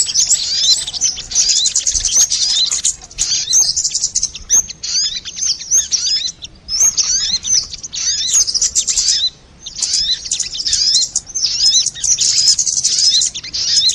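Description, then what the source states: Crimson sunbird song, a dense, very high-pitched twittering stream of rapid chirps and thin sliding notes, broken by a few brief pauses. Tutor song (masteran) in the 'labaik' style.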